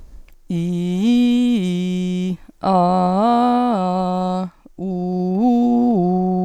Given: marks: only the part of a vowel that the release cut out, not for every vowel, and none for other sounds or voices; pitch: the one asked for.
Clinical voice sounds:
sustained vowels; female; 20 to 29 years; 0; 0; 0
0.75-1.95 s: vowel /i/, low-high-low pitch
2.93-4.04 s: vowel /a/, low-high-low pitch
5.08-6.23 s: vowel /u/, low-high-low pitch
From the record:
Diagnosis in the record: healthy voice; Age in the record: 25 years

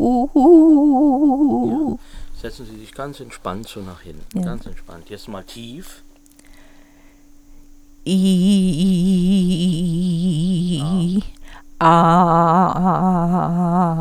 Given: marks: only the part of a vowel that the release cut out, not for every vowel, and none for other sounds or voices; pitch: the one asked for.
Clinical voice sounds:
sustained vowels; female; 60 to 69 years; 3; 1; 0
0.41-1.72 s: vowel /u/, high pitch
8.41-10.40 s: vowel /i/, low pitch
11.91-13.18 s: vowel /a/, low pitch
From the record:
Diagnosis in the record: bulbar palsy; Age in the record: 69 years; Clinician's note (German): Verdacht auf Bulbärparalyse

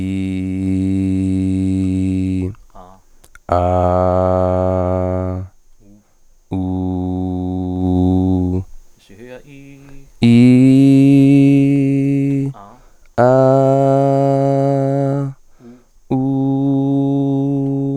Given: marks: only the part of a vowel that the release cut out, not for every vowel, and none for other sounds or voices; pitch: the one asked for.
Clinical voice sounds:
sustained vowels; male; 20 to 29 years; 2; 2; 0
0.00-1.23 s: vowel /i/, normal pitch
3.71-5.17 s: vowel /a/, normal pitch
6.72-7.75 s: vowel /u/, normal pitch
10.29-12.25 s: vowel /i/, high pitch
13.23-15.09 s: vowel /a/, high pitch
16.22-17.82 s: vowel /u/, high pitch
From the record:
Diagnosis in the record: hyperfunctional dysphonia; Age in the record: 26 years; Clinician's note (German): Leicht ödematöse Stimmlippen, Gesangstechnik

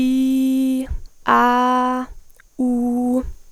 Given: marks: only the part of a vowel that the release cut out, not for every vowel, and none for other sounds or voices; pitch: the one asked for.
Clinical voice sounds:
sustained vowels; female; 18 to 19 years; 0; 0; 0
0.00-0.75 s: vowel /i/, normal pitch
1.38-2.00 s: vowel /a/, normal pitch
2.62-3.17 s: vowel /u/, normal pitch
From the record:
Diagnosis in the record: healthy voice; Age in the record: 19 years

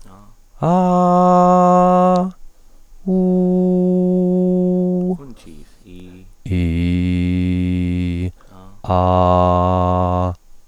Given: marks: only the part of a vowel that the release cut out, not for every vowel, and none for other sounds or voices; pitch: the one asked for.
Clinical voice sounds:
sustained vowels; male; 40 to 49 years; 0; 0; 0
0.80-2.14 s: vowel /a/, high pitch
3.19-4.95 s: vowel /u/, high pitch
6.73-8.15 s: vowel /i/, low pitch
8.98-10.21 s: vowel /a/, low pitch
From the record:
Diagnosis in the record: hyperfunctional dysphonia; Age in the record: 40 years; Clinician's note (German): Stottern

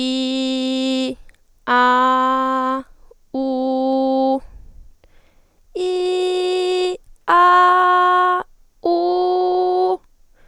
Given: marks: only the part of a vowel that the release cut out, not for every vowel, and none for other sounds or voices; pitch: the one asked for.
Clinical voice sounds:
sustained vowels; female; 20 to 29 years; 0; 0; 0
0.00-0.90 s: vowel /i/, normal pitch
1.90-2.66 s: vowel /a/, normal pitch
3.47-4.21 s: vowel /u/, normal pitch
5.87-6.78 s: vowel /i/, high pitch
7.44-8.32 s: vowel /a/, high pitch
8.99-9.83 s: vowel /u/, high pitch
From the record:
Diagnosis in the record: healthy voice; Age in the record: 21 years

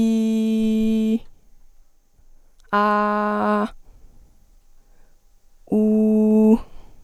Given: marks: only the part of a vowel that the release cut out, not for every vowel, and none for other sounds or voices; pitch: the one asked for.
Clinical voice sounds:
sustained vowels; female; 20 to 29 years; 0; 0; 0
0.00-1.04 s: vowel /i/, normal pitch
2.79-3.56 s: vowel /a/, normal pitch
5.81-6.47 s: vowel /u/, normal pitch
From the record:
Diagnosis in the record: healthy voice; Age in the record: 20 years

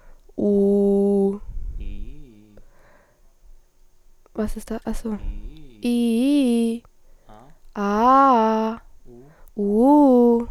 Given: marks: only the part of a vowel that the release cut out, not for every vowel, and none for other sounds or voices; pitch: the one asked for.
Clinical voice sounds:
sustained vowels; female; 20 to 29 years; 0; 0; 0
0.45-1.17 s: vowel /u/, low pitch
5.89-6.70 s: vowel /i/, low-high-low pitch
7.80-8.67 s: vowel /a/, low-high-low pitch
9.62-10.35 s: vowel /u/, low-high-low pitch
From the record:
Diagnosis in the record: healthy voice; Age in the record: 22 years

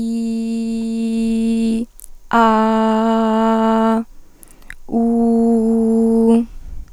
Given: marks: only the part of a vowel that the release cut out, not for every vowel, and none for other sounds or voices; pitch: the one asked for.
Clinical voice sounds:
sustained vowels; female; 20 to 29 years; 1; 1; 0
0.00-1.69 s: vowel /i/, normal pitch
2.52-3.93 s: vowel /a/, normal pitch
4.99-6.23 s: vowel /u/, normal pitch
From the record:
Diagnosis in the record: healthy voice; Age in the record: 21 years

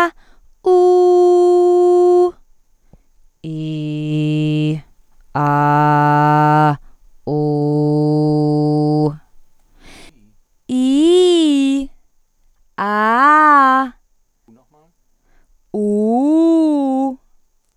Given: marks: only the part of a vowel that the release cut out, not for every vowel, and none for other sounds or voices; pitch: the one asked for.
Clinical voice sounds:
sustained vowels; female; 20 to 29 years; 0; 0; 0
0.74-2.18 s: vowel /u/, high pitch
3.55-4.67 s: vowel /i/, low pitch
5.44-6.64 s: vowel /a/, low pitch
7.38-8.99 s: vowel /u/, low pitch
10.76-11.77 s: vowel /i/, low-high-low pitch
12.86-13.79 s: vowel /a/, low-high-low pitch
15.81-17.03 s: vowel /u/, low-high-low pitch
From the record:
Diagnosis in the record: hyperfunctional dysphonia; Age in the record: 29 years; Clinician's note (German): Leichte Form bei beginnender Phonationsverdickung, ponogene Komponente

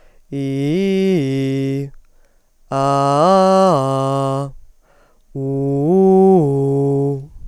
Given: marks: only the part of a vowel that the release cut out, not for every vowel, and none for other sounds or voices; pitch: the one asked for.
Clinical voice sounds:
sustained vowels; female; 20 to 29 years; 2; 2; 2
0.42-1.78 s: vowel /i/, low-high-low pitch
2.82-4.36 s: vowel /a/, low-high-low pitch
5.48-7.11 s: vowel /u/, low-high-low pitch
From the record:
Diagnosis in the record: hyperfunctional dysphonia, dysodia (singing voice disorder); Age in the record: 29 years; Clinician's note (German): Sehr schnelles Sprechtempo, enge Artikulation

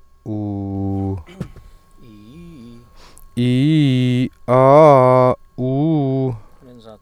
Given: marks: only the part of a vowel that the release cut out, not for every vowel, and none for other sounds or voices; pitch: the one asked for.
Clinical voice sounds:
sustained vowels; male; 30 to 39 years; 0; 0; 0
0.32-1.10 s: vowel /u/, low pitch
3.42-4.21 s: vowel /i/, low-high-low pitch
5.63-6.27 s: vowel /u/, low-high-low pitch
From the record:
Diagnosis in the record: healthy voice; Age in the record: 38 years

